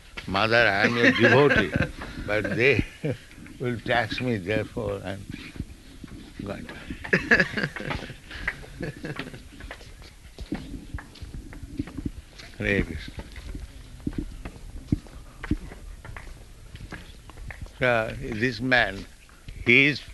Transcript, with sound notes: "Mother, I am your devotee but they will tax me. Therefore I am going out." [laughter] Hare Kṛṣṇa. So this man, he is